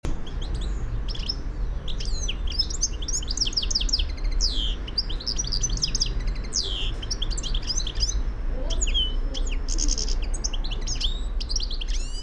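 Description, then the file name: European goldfinch song: quick bright twittering and tinkling notes with occasional buzzy rattles, delivered in a long unbroken run over constant low-frequency noise. "Carduelis carduelis"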